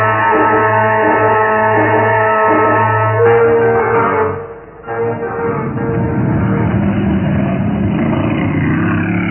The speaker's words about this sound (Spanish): El carro Sport de Calimán entraba por las solitarias callejuelas del pueblo. La noche envolvía entre sus sombras las viejas casas de Rinley y Calimán detuvo el auto.